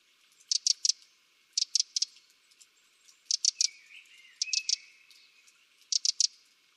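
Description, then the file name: Eurasian wren calls: short, hard, high ticking notes in quick triplets, five bursts spaced one to two seconds apart, with faint softer chirps between. "Troglodytes troglodytes"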